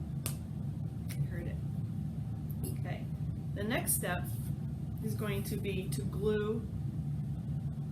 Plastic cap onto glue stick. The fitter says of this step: going to put my lid back on my glue stick so it doesn't dry out listen for the snap okay